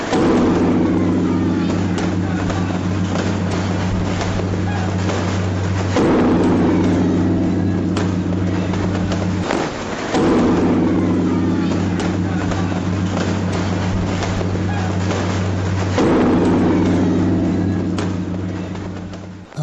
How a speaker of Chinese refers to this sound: 然后是三十晚上我们敲响的其实就是明代钟楼里的那口钟。 对， 嗯，这个声音原则上就明代啊，如果你滤去鞭炮声，它就是正常，如果钟楼正常使用的话， 对， 它是应该每天都响起的明代的钟声。